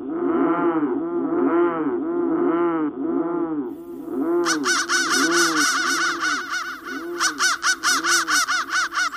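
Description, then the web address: Crow cawing: deep, harsh arched caws about once a second for four seconds, then higher, rapid, rasping caws in quick runs. "soundfactory crow"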